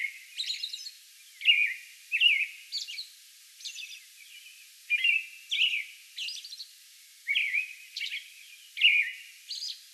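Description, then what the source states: American robin singing steadily, a stream of clear slurred whistled phrases alternating with faint high-pitched squeaks. Recorded May 11; a bout of song.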